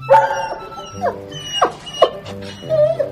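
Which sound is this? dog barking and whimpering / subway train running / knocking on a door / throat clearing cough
dog barking and whimpering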